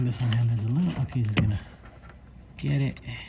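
A license plate light housing with a new LED bulb is being pushed one-handed into the rear body panel opening of a 2003–2008 Honda Pilot while someone talks. Handling noises come through between the words, and nothing has seated or clicked yet.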